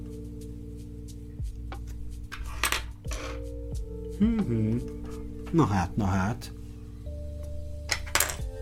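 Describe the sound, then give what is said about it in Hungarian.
A small metallic part, dropped while assembling an expensive build, clatters onto a hard floor with a couple of sharp, brief ticks, heard alongside a steady low hum and a man talking. “És itt az az alkatrész, de nem az az alkatrész esett le, ami kellett volna.”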